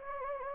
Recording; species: mosquito wingbeat signal from an infrared sensor; Anopheles gambiae